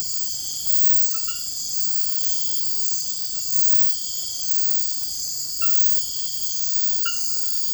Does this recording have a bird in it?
no